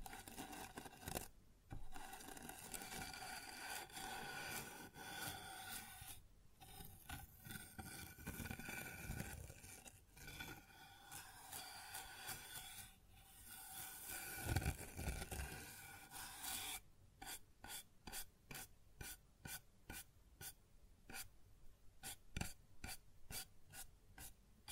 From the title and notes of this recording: ASMR Sounds on Wooden Surface (No Talking).